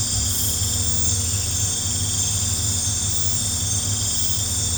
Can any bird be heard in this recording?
no